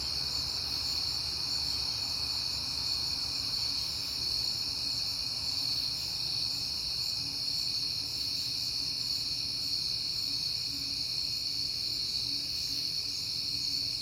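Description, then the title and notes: Steady cricket chorus, high and ringing throughout, with a faint low rumble. Crickets at night in September, on a peaceful night. "Night Time: Crickets and Passing Cars. It is September and I have been hearing the crickets a lot, but finally had a peaceful night to make the recording"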